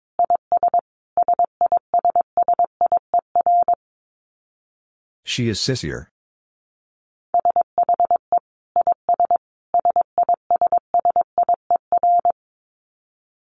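Morse code beeps at one steady mid pitch form short phrases of quick dits, with a brief spoken word between them around five seconds.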